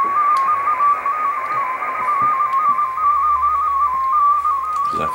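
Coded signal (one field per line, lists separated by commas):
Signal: multi-tone FSK (Olivia or MFSK type)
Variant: MFSK16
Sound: rapid warbling single tone hopping between close pitches, continuous, over hiss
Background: radio static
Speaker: try to put it here usually with good signal this decodes quite well normally but now it's uh really not very good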